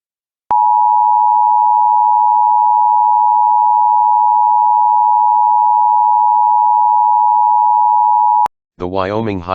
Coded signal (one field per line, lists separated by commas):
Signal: Emergency Alert System (SAME) tones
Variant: 853 and 960 Hz attention tone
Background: speech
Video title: EAS Child Abduction Emergency (AMBER Alert) Buffalo, Wyoming Statewide Alert